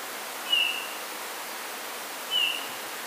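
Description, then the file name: Eurasian bullfinch giving two gentle whistled calls nearly two seconds apart, set against an even background hiss. "Pyrrhula pyrrhula"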